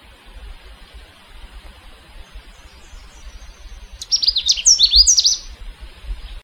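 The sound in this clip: Canada warbler singing one quick, jumbled burst of high chattering notes that lasts about a second and a half, over a low rumbling background noise.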